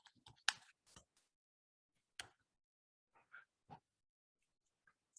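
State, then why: Seated. A small blue plastic shower cover is fitted onto the base plate around a laryngectomy stoma, letting the wearer breathe while keeping water out. A sharp click at 0.5 s marks the cover clicking into the base plate, with a few fainter clicks and handling sounds afterward. The cover is seated.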